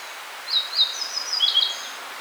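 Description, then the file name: Yellow bunting singing a high, thin phrase of drawn-out buzzy notes with a slightly lower sweeping note near the end, over faint hiss. "Emberiza sulphurata"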